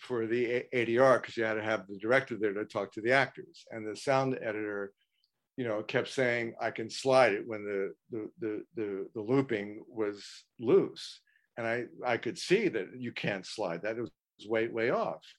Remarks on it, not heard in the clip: John's wife was making fun of my stuttering behind me. So I'm not being able to talk by the end.